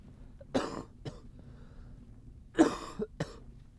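A man coughs two separate times, then coughs on as the cold he thinks he has lingers.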